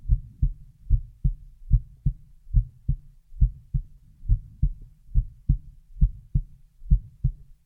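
Soft, low thumping heart sounds of an adult, heard close up, come in steady lub-dub pairs at about 70 beats a minute. Heartbeat only, with no other sounds. A plain heartbeat made as an ASMR listening track.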